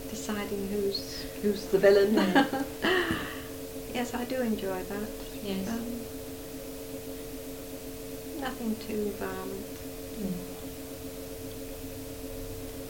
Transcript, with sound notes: deciding who's the villain. [laughs] Yes, I do enjoy that.
Yes.
Erm, nothing too violent.